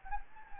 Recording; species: mosquito wingbeat signal from an infrared sensor; Anopheles gambiae